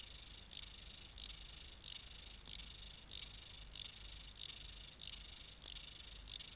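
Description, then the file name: Large mountain grasshopper song: crisp rasping chirps, sharp at the start, repeated roughly every two-thirds of a second in a steady run. "Stauroderus scalaris"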